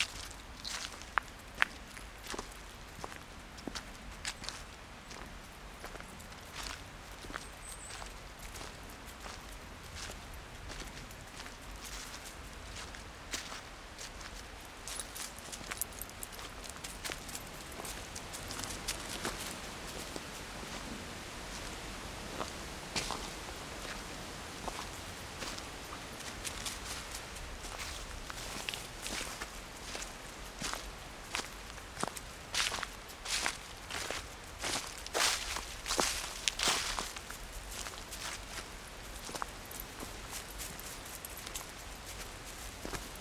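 Feet crunch through dry fallen leaves in a woodland, a dense run of crisp, rustling steps that continues without pause. The crunching grows busier and louder after the halfway point, with sharper snaps near the end. A soft, steady low wind murmurs underneath.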